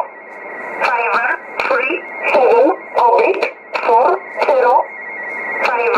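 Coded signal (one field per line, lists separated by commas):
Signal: numbers station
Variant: E11 Oblique, English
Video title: 28 02 2018 E11 Oblique Numbers station in English to Eu 0900 on 9446 unknown tx site in USB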